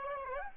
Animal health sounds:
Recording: mosquito wingbeat signal from an infrared sensor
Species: Anopheles gambiae

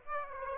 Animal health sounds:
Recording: mosquito wingbeat signal from an infrared sensor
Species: Aedes aegypti

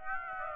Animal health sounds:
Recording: mosquito wingbeat signal from an infrared sensor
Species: Aedes aegypti

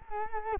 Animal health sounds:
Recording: mosquito wingbeat signal from an infrared sensor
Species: Culex quinquefasciatus

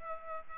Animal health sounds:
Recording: mosquito wingbeat signal from an infrared sensor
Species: Culex pipiens

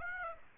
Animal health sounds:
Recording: mosquito wingbeat signal from an infrared sensor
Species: Aedes aegypti

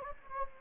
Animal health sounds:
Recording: mosquito wingbeat signal from an infrared sensor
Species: Anopheles gambiae

